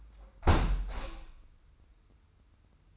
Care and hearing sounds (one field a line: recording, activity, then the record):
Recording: daily activity, microphone in the room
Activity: close window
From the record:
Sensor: 2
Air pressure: 990.3 hPa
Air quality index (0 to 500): 196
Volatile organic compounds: 1000 ppm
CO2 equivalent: 6255 ppm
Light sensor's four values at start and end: 24/56/22/22 and 24/56/23/23